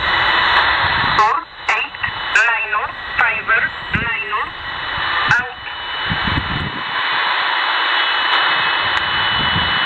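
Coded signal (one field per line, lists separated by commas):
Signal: numbers station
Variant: E11 Oblique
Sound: short, evenly spaced spoken words, likely numbers, buried in loud radio hiss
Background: heavy radio static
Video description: The one heard here is E11 "Oblique" which is said to be originating from Poland.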